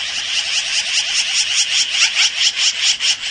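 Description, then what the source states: Black-billed magpie giving harsh, rapid chattering calls, a dense run of grating notes repeated more than twice a second, loud throughout. Springtime in the Rockies, during the magpie courting, nest-building and nesting season, described as a noisy time of year.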